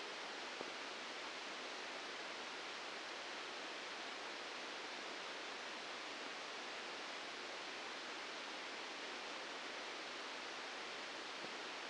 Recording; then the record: brain microelectrode recording played as sound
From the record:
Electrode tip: outside the subthalamic nucleus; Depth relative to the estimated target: 4 mm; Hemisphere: left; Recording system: NeuroSet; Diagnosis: Parkinson's disease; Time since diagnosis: 8 years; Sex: male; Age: 59 years